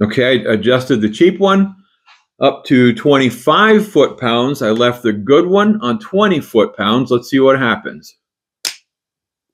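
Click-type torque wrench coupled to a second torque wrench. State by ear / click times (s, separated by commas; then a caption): torque reached / 8.7 s. A click-type torque wrench coupled to a second torque wrench, the cheap one set to 25 ft-lb and the good one left at 20 ft-lb, is loaded while someone talks. After a pause, a single sharp click sounds at 8.7 s, and the result is confirmed as the wrenches clicking together.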